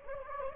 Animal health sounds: mosquito wingbeat signal from an infrared sensor; Anopheles gambiae

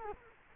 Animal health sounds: mosquito wingbeat signal from an infrared sensor; Culex quinquefasciatus

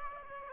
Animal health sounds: mosquito wingbeat signal from an infrared sensor; Aedes aegypti

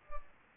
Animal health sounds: mosquito wingbeat signal from an infrared sensor; Culex pipiens

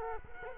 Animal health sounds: mosquito wingbeat signal from an infrared sensor; Culex quinquefasciatus

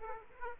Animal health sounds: mosquito wingbeat signal from an infrared sensor; Aedes aegypti

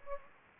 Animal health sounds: mosquito wingbeat signal from an infrared sensor; Anopheles gambiae

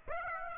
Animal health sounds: mosquito wingbeat signal from an infrared sensor; Aedes aegypti

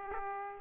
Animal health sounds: mosquito wingbeat signal from an infrared sensor; Aedes aegypti

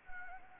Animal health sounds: mosquito wingbeat signal from an infrared sensor; Anopheles arabiensis

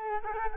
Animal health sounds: mosquito wingbeat signal from an infrared sensor; Culex quinquefasciatus

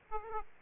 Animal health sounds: mosquito wingbeat signal from an infrared sensor; Aedes aegypti

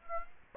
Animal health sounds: mosquito wingbeat signal from an infrared sensor; Aedes aegypti

